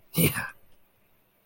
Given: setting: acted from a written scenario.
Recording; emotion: vocal sound without words; triumph